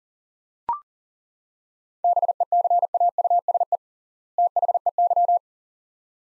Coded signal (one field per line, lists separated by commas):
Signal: Morse code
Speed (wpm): 40 wpm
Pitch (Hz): 700 Hz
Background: none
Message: BECAUSE THEY